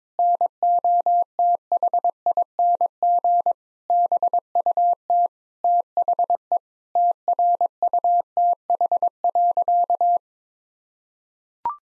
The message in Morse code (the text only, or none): NOTHING BUT THE TRUTH.